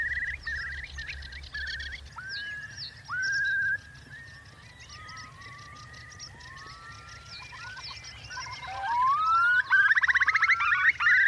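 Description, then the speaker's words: Eurasian Curlew song: drawn-out rising whistles, then a quickening bubbling run that climbs into a loud trill near the end. Curlew song, played to close a radio programme. "we're going to play you out with a little bit of Curlew song just to get you in the mood."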